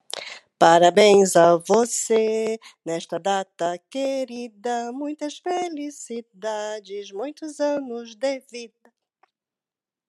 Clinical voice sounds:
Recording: short text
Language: Brazilian Portuguese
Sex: female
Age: 50 to 59 years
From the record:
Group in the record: control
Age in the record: 59 years

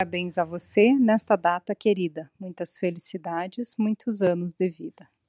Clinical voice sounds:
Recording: short text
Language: Brazilian Portuguese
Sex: female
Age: 40 to 49 years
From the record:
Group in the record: control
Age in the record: 41 years

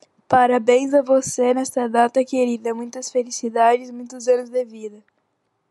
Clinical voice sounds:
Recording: short text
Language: Brazilian Portuguese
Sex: female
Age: 50 to 59 years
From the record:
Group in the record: control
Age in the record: 50 years

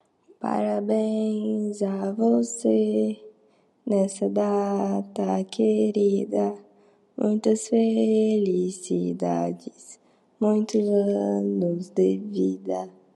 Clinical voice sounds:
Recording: short text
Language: Brazilian Portuguese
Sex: female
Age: 20 to 29 years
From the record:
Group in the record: control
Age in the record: 23 years

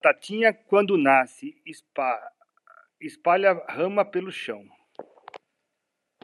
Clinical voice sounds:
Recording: short text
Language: Brazilian Portuguese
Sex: male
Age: 50 to 59 years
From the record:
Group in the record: control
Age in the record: 51 years

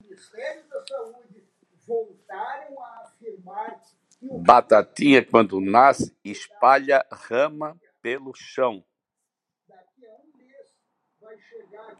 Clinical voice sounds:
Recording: short text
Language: Brazilian Portuguese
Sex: male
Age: 60 to 69 years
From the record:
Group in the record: control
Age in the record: 68 years

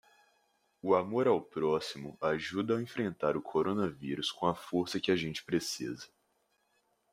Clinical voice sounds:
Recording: spoken sentence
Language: Brazilian Portuguese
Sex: male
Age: 18 to 19 years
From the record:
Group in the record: control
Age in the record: 18 years

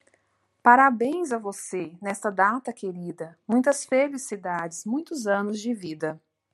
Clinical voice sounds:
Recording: short text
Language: Brazilian Portuguese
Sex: female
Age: 30 to 39 years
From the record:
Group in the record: control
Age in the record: 37 years

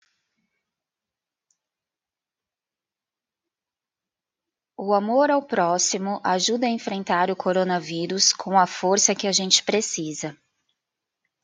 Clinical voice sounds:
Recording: spoken sentence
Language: Brazilian Portuguese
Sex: female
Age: 30 to 39 years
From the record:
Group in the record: control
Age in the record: 34 years

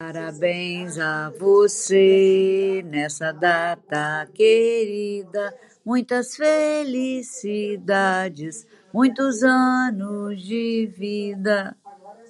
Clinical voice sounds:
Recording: short text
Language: Brazilian Portuguese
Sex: female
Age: 60 to 69 years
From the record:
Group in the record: control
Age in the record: 68 years

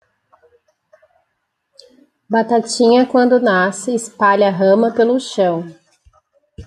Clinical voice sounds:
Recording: short text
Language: Brazilian Portuguese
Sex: female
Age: 40 to 49 years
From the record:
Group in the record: control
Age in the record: 41 years

